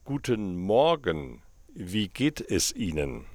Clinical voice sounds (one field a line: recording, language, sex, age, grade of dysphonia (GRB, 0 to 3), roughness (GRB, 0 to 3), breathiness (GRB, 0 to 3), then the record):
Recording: spoken sentence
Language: German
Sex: male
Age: 60 to 69 years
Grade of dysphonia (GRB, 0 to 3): 2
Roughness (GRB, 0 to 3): 2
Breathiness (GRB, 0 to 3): 0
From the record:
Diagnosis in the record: functional dysphonia, contact pachydermia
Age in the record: 66 years